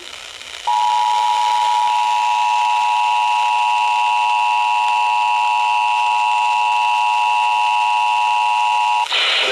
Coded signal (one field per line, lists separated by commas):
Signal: Emergency Alert System (SAME) tones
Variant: 853 and 960 Hz attention tone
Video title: Last April Showers and Storms | EAS Alerts From 4/30/2025 (EAS #2,805-2,824)